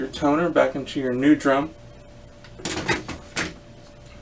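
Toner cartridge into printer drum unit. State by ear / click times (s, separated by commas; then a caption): seated / 2.7 s, 3.4 s. A toner cartridge is pushed down into a new drum unit for a Brother MFC-L2710 printer while someone talks. Sharp plastic clicks are heard at about 2.6 and 3.4 seconds as the cartridge seats fully into the drum.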